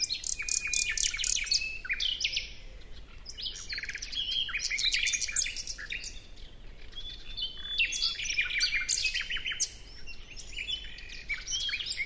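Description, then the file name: Common nightingale singing dense, overlapping phrases of buzzy trills, whistles and quick chirps almost without pause throughout. "Luscinia megarhynchos"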